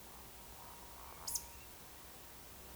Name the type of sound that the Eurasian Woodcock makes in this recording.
whistle, croak